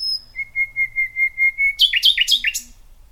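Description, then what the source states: Common Nightingale gives a series of even whistled notes in steady rhythm, then a few loud, harsh, descending chirps. Solo nightingale singing from the depths of some scrub at Knepp under a full moon.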